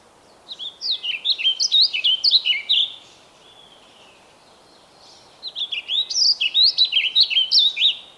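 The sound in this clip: Bird song: two phrases of quick, high, warbling chirps, each a couple of seconds long, with a quiet gap between them.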